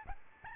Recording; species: mosquito wingbeat signal from an infrared sensor; Aedes albopictus